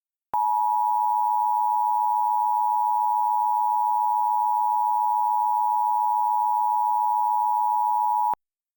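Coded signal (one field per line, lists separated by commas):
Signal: Emergency Alert System (SAME) tones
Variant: 853 and 960 Hz attention tone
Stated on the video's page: Fictional EAS scenario made with EAS Encoder software.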